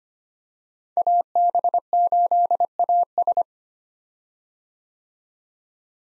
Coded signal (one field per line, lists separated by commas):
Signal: Morse code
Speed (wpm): 25 wpm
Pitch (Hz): 700 Hz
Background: none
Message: AB8AS